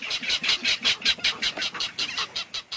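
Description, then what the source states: Ridgway's rail giving a harsh, rattling clatter of quick, grating notes in steady succession for nearly three seconds. Secretive, endangered salt marsh bird; its loud clatter of jolting notes is likened to a small engine cranking up.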